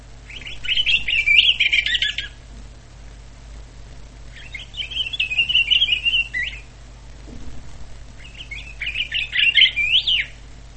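Pine grosbeak giving three warbled, twittering phrases of about two seconds each, spaced a few seconds apart, with quiet pauses between.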